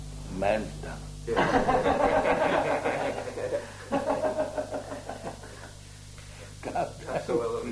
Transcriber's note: laughter